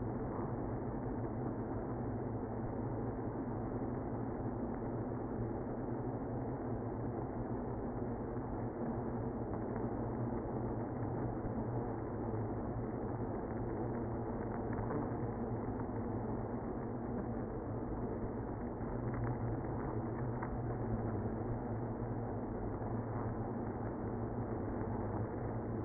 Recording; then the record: honeybee colony, microphone inside the hive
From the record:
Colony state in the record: queenless (queen removed); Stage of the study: after two queens were removed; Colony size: about 60,000 bees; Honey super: yes